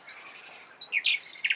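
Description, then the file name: Common nightingale fragment: soft whistled notes leading into loud rapid chirps and a short repeated trill. "Luscinia megarhynchos"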